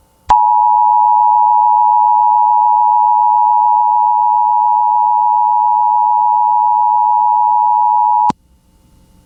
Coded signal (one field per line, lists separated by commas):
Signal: Emergency Alert System (SAME) tones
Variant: 853 and 960 Hz attention tone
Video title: (EAS #29) Arkansas SEVERE THUNDERSTORM WARNING on KALT-FM